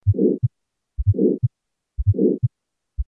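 Heart sounds of hypertrophic cardiomyopathy in an adult, heard through a stethoscope, with a heart murmur.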